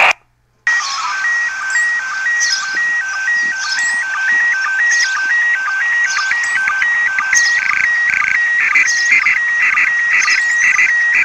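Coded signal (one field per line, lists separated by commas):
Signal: SSTV (slow-scan television)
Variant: PD 120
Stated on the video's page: SSTV images received from the International Space Station (ARISS) during a satellite pass.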